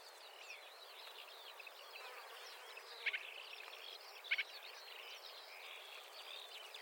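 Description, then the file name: Marsh warbler song, faint, busy, varied twittering with a pair of brief louder chips near the middle. "suara kicauan burung marsh warbler. omkicau"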